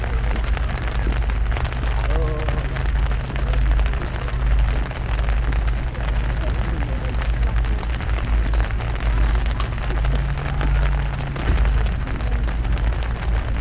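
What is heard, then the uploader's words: Steady rain patters densely on a tent, over a constant low rumble, with faint muffled voices drifting in around two seconds. Rain On Tent - Big Chill 2005. Sitting in the tent, and listening to the rain while camping at the Big Chill festival 2005.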